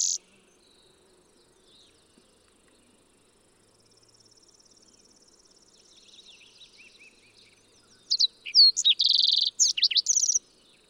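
Fox sparrow song arrives near the end after a long quiet stretch with a faint high buzz; the phrase mixes quick slurred whistles and buzzy trills.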